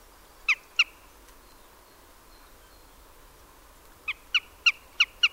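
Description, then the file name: Eurasian jay calls: two sharp clicking notes, a pause, then five more clicks in a quick regular series, over a low steady background hiss. "Garrulus glandarius"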